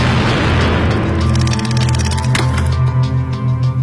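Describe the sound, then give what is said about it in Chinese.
An SA-2 missile explodes, destroying a U-2 spy plane: a loud, rumbling explosion with a heavy low boom that roars on for several seconds, broken by a sharp crack partway through, then a crackling, debris-like tail. No one speaks. “萨摩尔型导弹的火网瞬间粉碎了 U2， 飞行员叶成帝被活捉。”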